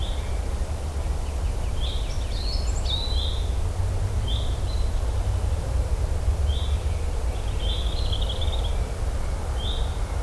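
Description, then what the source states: Bird calls, a quick burst of chirps and a short trill early on, then scattered single chirps, all over continuous low background rumble. In the Lake District.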